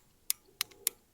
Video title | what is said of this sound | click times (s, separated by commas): Tisas 1911 DS: Full range review. Better than Prodigy?! | feel very confident when it locks into place | 0.3 s, 0.6 s, 0.9 s